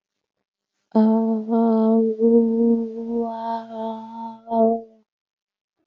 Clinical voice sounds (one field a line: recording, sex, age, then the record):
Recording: vowel held as long as possible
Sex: female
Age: 20 to 29 years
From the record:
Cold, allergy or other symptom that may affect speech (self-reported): no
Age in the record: 23 years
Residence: New York, United States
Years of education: 16